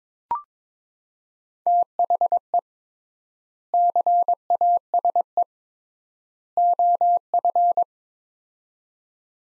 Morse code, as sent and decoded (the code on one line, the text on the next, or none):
- .... . / -.-. .- ... . / --- ..-.
THE CASE OF